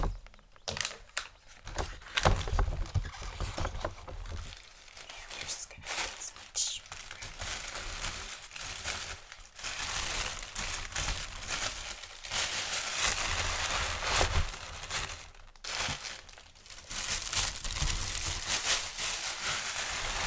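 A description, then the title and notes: Gift wrapping paper crinkles and rustles almost nonstop through the clip, in dense, bright bursts of handling. The noise comes in uneven waves, with brief near-pauses around five, nine and fifteen seconds before the crumpling picks up again. Xmas Gift Wrapping Intense Crinkle, Tape, Scissors Sounds.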